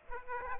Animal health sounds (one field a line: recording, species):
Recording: mosquito wingbeat signal from an infrared sensor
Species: Aedes aegypti